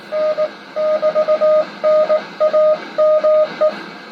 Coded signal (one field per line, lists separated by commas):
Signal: Morse code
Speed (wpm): 19 wpm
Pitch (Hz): 620 Hz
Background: none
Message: N <BT>NAME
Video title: Morse Code And AM Contact On Old 1950's Transmitter